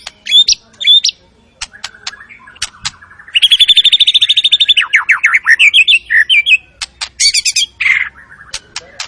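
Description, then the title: White-rumped shama song: whistles and sharp clicks, then a fast trill and a run of rapid notes, ending in scratchy bursts. Lure recording of a bird singing actively and bringing out its full repertoire, used to boost shamas' excitement. "PANCINGAN MURAI BATU. MURAI GACOR SUPER EDAN SEMUA MATERI DI KELUARIN COCOK BUAT DONGKRAK EMOSI. SHAMA BIRD"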